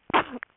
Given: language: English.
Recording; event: throat vibration sensor signal played as sound; cough